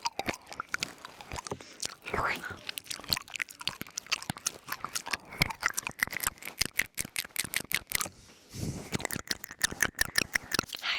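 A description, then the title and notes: Wet, crackly nibbling sounds at the ear come in rapid, irregular clicks and pops throughout. Denser bursts of crunchy rustling swell around two seconds and again near nine seconds, with faint thin whistling tones drifting beneath the clicks. ASMR Ear Noms & Brushing for Tingle Immunity 100% Tingles Mouth Sounds Christmas ASMR.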